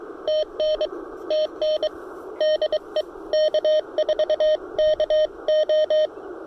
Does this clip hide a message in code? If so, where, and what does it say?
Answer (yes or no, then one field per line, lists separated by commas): yes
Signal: Morse code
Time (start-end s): 0.3-6.1 s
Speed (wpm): 22 wpm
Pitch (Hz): 620 Hz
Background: none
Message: TN TN DE K4KO